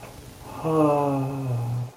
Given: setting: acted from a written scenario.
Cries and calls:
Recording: vocal sound without words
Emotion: ecstasy

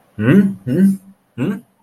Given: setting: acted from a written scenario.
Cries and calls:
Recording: vocal sound without words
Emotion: distress

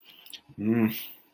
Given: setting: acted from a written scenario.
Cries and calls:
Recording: vocal sound without words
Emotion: guilt

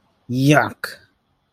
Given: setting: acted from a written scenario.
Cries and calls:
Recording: vocal sound without words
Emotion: disgust

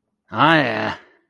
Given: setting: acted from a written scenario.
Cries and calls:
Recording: vocal sound without words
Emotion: triumph

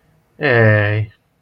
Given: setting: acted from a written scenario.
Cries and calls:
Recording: vocal sound without words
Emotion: sympathy

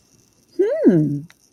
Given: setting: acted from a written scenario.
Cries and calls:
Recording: vocal sound without words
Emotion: interest

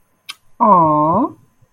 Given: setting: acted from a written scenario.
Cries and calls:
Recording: vocal sound without words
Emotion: adoration

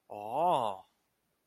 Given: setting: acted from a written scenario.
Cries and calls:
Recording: vocal sound without words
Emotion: realization

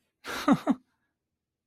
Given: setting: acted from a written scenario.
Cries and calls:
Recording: vocal sound without words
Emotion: amusement

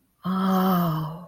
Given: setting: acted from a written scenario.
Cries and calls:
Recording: vocal sound without words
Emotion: adoration

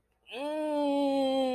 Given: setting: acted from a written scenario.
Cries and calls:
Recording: vocal sound without words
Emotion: elation

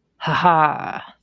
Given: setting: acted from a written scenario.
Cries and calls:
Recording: vocal sound without words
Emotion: pride

